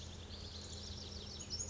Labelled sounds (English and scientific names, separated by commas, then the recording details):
Pacific Wren (Troglodytes pacificus)
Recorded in Sonoma County, California